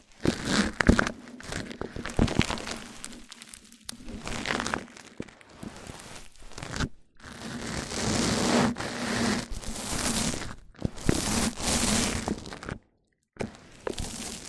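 Mic-on-mic triggers: bursts of scratchy, crinkly rubbing and soft knocks, with a dense, hissing stretch from about eight to twelve seconds. A low, steady hum runs underneath throughout, and the sound drops out completely for brief moments near seven and thirteen seconds.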